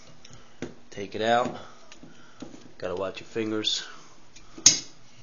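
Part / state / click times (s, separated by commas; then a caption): folding stock into its locking catch on the carbine receiver / seated / 4.7 s. Someone talks while folding the metal folding stock of a Wiselite Sterling 9mm semi-auto carbine, converted from an SMG to a legal semi, back toward the receiver, with a few faint ticks of handling along the way. At 4.7 s the stock snaps into its locking catch on the receiver with a loud, sharp metallic click, seating in its locked position.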